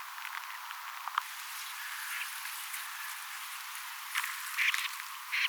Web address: paivat 8 10 2024 monta kurppaa lentoonlahtoaantelya viisi voisi olla suippopyrstokurppaa ja sitten lisaksi tavallisia kurppia paljon